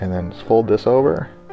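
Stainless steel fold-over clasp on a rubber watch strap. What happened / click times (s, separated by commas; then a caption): Handled, not yet home: the watch strap clasp is being folded over but has not clicked shut / none. A stainless steel fold-over clasp on the rubber strap of a Movado Sapphire Synergy men's watch 0606780 is being folded over as the watch is put on one-handed, while someone talks. The clasp has not clicked shut yet; nothing has seated.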